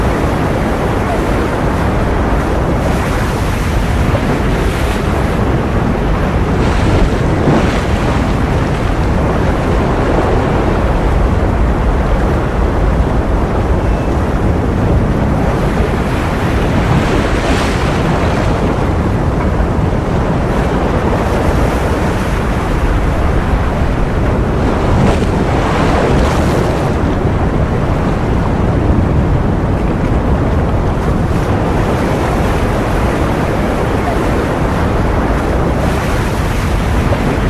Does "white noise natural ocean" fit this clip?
yes